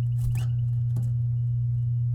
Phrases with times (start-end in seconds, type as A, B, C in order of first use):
0.37-0.38 A